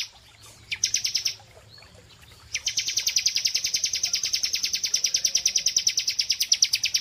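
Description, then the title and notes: Prinia singing a brief burst of quick, high buzzy notes, then a longer steady run of the same notes. Prenjak song used as masteran (tutor) training audio for birds, described as therapy. "Masteran Terapi Prenjak Durasi Panjang. Burung Prenjak"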